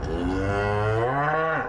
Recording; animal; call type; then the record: contact call of a hoofed animal; cattle; low-frequency (closed-mouth) or high-frequency (open-mouth) call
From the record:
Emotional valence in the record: negative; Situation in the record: full separation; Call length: 1.69 s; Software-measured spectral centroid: 1250 Hz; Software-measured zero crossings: 1370 a second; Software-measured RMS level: -24 dBFS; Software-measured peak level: -11 dBFS